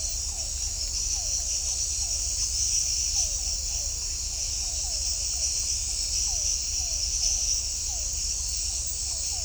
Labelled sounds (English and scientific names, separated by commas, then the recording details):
none
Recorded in shrubland near Pivijay, Magdalena, Colombia, on 2 June 2023 at 01:30
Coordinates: 10.453, -74.365
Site P5-G022